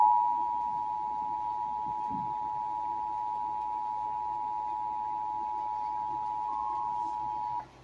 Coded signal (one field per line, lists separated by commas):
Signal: Emergency Alert System (SAME) tones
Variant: 853 and 960 Hz attention tone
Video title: Severe Thunderstorm Warning on WMCND (EAS #118)